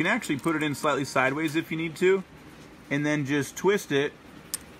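Someone talks while fitting the metal bobbin case onto the hook of an old-style Bernina 830 sewing machine, tilting it slightly sideways and then twisting it. A brief sharp tick is heard near 4.5 s. The bobbin case has not yet popped onto the hook pin, and nothing has seated or clicked.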